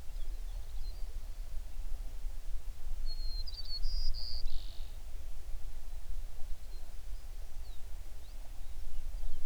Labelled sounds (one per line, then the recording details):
songbird
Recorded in the Prudhoe Bay oil fields, Alaska, on 11 June 2019 at 04:53
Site 21